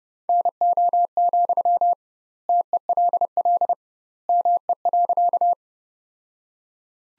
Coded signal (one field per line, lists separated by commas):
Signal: Morse code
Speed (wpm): 30 wpm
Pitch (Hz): 700 Hz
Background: none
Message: NO, TELL ME.